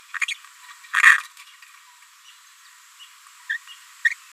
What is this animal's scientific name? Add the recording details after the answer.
Forpus passerinus. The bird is a female. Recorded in a nest box in Venezuela. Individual 17B73B4